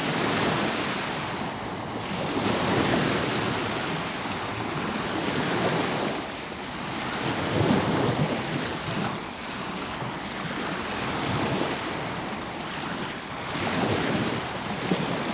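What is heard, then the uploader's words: Waves wash steadily onto a beach, a dense, continuous roar of surf that swells and eases in slow surges, peaking around two, eight and fourteen seconds. Wind rumbles against the microphone underneath, keeping the low end busy throughout. Baltic Sea Beach Noise.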